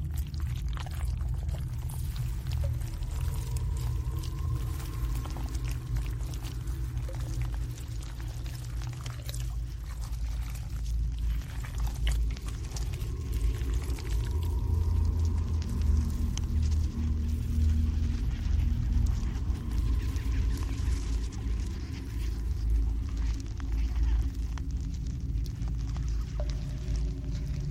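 A dense alien hive ambience with a constant low rumble and a gurgling, pouring texture. Faint tones around the midrange rise and fade near 3, 13 and 20 seconds, and the whole bed swells slightly louder after about 14 seconds.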